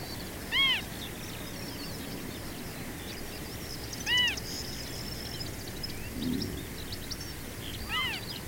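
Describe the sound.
Marsh harrier mewing calls, three arched, slurred notes spaced about three to four seconds apart, over a steady chorus of small chirping birds.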